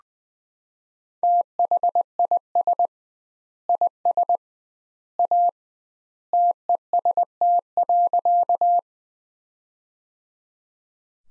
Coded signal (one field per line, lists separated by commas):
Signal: Morse code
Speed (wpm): 19 wpm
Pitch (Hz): 700 Hz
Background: none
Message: THIS IS A TEST.